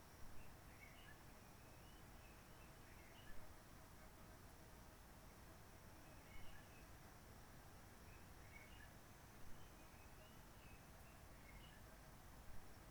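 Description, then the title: Réunion bulbul singing soft whistled phrases about every three seconds, over steady background hiss and low rumble. Roche Merveilleuse, Réunion; forest quiet during lockdown from 19 March 2020, no people, microlights or helicopters; sunny blue sky; birds not very active; sings simpler short phrases, adapted to aircraft noise. "Roche Merveilleuse, Réunion - Merle de lîle de la Réunion."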